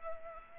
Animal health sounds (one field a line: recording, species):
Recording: mosquito wingbeat signal from an infrared sensor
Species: Culex pipiens